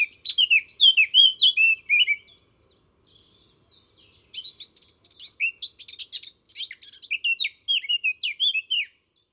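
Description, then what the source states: Warbler song: a fast chatter of high scratchy twittering notes in two long bursts with a quieter stretch between. Warbler called Yvette, described as chatty, heard in a forest during a walk.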